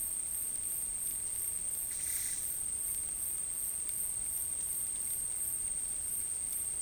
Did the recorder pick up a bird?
no